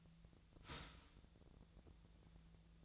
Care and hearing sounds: daily activity, microphone in the room; start toaster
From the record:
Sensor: 3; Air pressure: 1009.3 hPa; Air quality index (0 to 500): 198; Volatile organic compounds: 17 ppm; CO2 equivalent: 2568 ppm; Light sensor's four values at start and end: 32/80/34/36 and 32/80/34/36

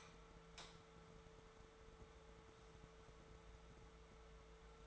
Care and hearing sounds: daily activity, microphone in the room; light off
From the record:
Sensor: 3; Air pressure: 1014.6 hPa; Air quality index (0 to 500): 182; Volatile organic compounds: 19 ppm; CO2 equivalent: 2655 ppm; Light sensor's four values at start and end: 18/46/19/19 and 15/38/15/16

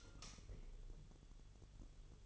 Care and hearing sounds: daily activity, microphone in the room; light off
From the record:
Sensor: 4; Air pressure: 1008.7 hPa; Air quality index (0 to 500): 98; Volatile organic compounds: 1 ppm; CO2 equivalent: 737 ppm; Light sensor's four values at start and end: 12/28/11/11 and 12/26/10/10

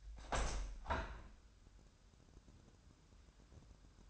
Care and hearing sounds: daily activity, microphone in the room; open window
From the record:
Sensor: 2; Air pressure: 1006.2 hPa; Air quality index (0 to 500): 183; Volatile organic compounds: 10 ppm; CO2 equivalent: 2230 ppm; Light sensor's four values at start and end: 8/20/8/8 and 9/21/9/9

